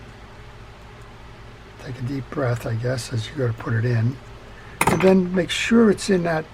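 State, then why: Not seated. A small spring-loaded clip, which tends to shoot out, is held down and lined up before being pushed into its slot in the drive of a Shakespeare Sea Wonder 2081A fishing reel. Someone talks from about 1.9 s to the end over a faint steady background hum. The clip has not clicked into place yet.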